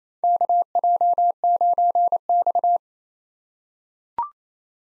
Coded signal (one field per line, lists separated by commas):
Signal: Morse code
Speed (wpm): 27 wpm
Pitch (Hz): 700 Hz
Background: none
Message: KJ9X